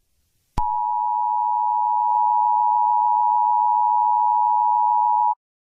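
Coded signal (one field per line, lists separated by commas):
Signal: Emergency Alert System (SAME) tones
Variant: 853 and 960 Hz attention tone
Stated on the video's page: Fictional EAS scenario.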